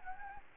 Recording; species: mosquito wingbeat signal from an infrared sensor; Anopheles gambiae